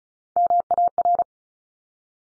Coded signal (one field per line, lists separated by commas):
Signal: Morse code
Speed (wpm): 36 wpm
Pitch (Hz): 700 Hz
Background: none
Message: MAR